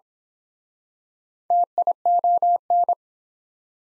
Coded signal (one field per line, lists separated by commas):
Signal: Morse code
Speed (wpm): 30 wpm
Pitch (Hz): 700 Hz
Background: none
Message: TION